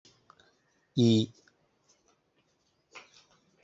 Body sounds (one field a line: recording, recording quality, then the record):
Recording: sustained vowel as in made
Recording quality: poor, much background noise or distortion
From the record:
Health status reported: healthy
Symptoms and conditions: hypertension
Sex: male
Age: 47 years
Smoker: not ticked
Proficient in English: yes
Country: India